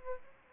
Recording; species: mosquito wingbeat signal from an infrared sensor; Aedes aegypti